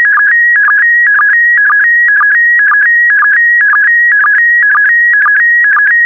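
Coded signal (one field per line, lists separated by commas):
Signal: SSTV (slow-scan television)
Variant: PD120 mode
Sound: warbling tone shifting between pitches, with short low chirps twice per second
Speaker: complete. You can now check your decoded image against the picture that is shown on the video.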